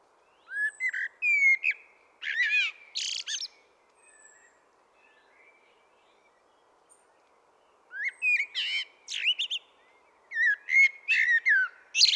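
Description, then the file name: Common blackbird singing: several phrases of rich fluted whistles, each trailing into high, squeaky twittering, separated by quiet gaps. "Turdus merula"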